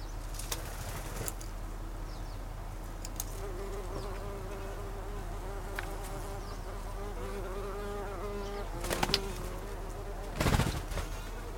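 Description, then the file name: Bumblebee buzz, a sustained mid-pitched drone lasting several seconds, with a few sharp clicks and two louder thumps near the end over a steady low hum. Recorded 26 August 2012. "hunangsflugur 2012-08-26"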